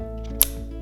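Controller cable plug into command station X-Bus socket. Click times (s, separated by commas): 0.4 s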